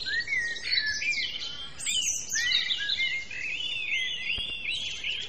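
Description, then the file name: Birds singing together, a dense chorus of high whistled and twittering phrases, some sliding up and down, over a light hiss. "naturelax birds"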